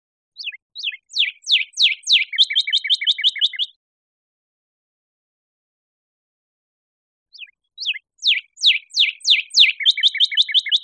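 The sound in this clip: Northern cardinal song: clear downslurred whistles that speed up into a rapid run of short sliding notes, the phrase given twice with a quiet gap of about four seconds between.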